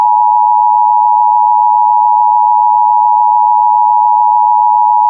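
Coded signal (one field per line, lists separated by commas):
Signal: Emergency Alert System (SAME) tones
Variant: 853 and 960 Hz attention tone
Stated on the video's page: Fictional Ghostbusters-themed EAS scenario, not a real alert.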